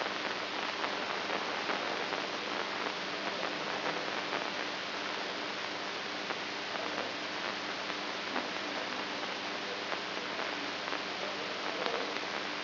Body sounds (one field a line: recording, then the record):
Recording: brain microelectrode recording played as sound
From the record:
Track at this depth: outside the subthalamic nucleus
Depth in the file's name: 6.906 mm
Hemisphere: right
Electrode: 2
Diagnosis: Parkinson's disease